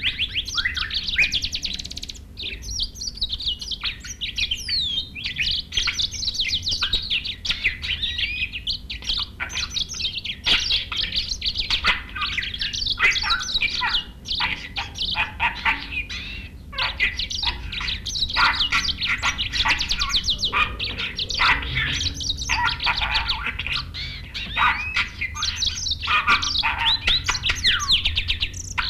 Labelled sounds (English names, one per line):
Yellow-fronted Canary song